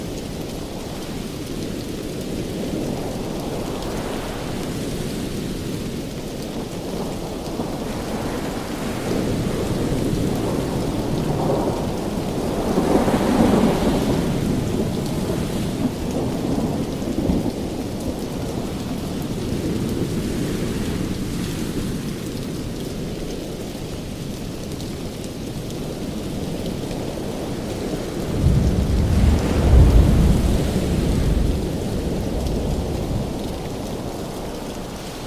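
Rain falls steadily over a deep, continuous rumble of thunder that swells and fades in long waves. The low roll builds around the middle, near 10 to 15 seconds, and a heavier boom breaks through near 29 seconds before easing back.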